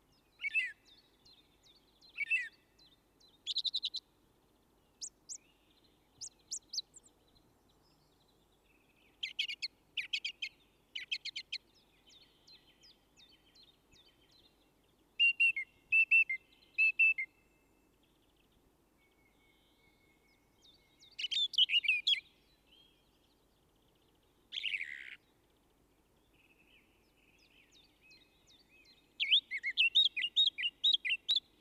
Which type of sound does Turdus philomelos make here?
song